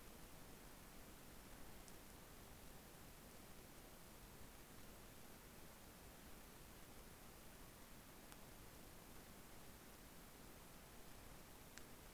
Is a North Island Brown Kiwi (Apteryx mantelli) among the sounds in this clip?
no